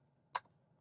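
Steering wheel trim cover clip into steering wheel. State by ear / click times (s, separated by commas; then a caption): seated / 0.4 s. The plastic trim cover on a Tesla yoke steering wheel is pressed in, and its right-side clip snaps into the steering wheel with a single sharp, bright click at 0.4 s over a faint low hum. The clip is seated.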